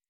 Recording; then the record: hydrophone in a shrimp aquaculture tank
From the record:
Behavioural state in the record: weakened